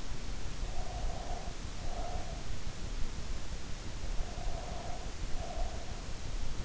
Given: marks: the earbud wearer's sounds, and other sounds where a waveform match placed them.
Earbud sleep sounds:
sounds in sleep by an in-ear microphone; breath
0.39-2.61 s: breath
4.02-6.04 s: breath

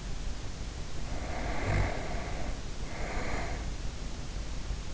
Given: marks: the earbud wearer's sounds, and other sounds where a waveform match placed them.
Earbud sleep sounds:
sounds in sleep by an in-ear microphone; snoring breath
0.88-4.04 s: snoring breath

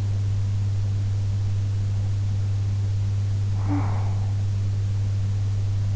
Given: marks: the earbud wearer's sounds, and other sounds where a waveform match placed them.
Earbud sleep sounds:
sounds in sleep by an in-ear microphone; breath
3.60-4.18 s: breath

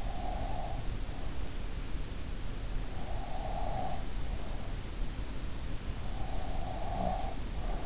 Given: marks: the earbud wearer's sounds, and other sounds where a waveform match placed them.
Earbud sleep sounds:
sounds in sleep by an in-ear microphone; breath
0.00-0.87 s: breath
3.17-4.05 s: breath
6.42-7.86 s: breath

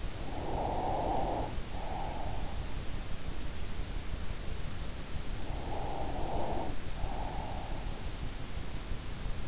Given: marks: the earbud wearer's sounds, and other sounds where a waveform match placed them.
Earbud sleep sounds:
sounds in sleep by an in-ear microphone; breath
0.00-2.81 s: breath
5.14-8.21 s: breath

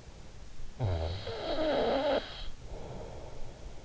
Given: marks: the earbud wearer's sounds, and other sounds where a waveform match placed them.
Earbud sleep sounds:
sounds in sleep by an in-ear microphone; snoring breath
0.41-3.79 s: snoring breath

